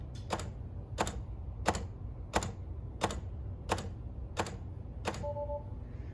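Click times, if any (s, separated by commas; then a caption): none. A mobile connector's charging plug sits inserted in the charge port of a Tesla being rebuilt, and the port's latch cycles with regular ticking clicks about every 0.7 s, followed by a brief two-note tone near 5.2 s. The latch is not engaging properly: it never locks, nothing has latched into place, and the car reports the charge plug is not latched fully.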